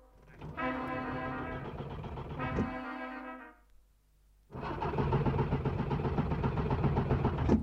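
A car engine cranks with a steady mechanical whir for about three seconds and dies away. After a short pause a harsher, louder churning attempt begins and runs to the end without settling into an idle.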